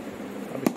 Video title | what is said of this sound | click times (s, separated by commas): Royal Enfield accessories Or Gift box | इसको बंद करेंगे तो ये ऐसा प्रॉपर लॉक हो जाएगा। | 0.5 s, 0.7 s